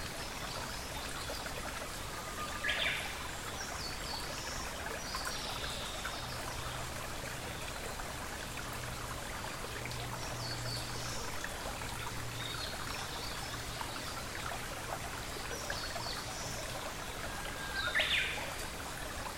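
Forest sounds: a steady, dense rush like a flowing stream runs throughout. Brief bird calls break through near the start and again close to the end, with faint chirps scattered between, and a low hum sits underneath through the middle.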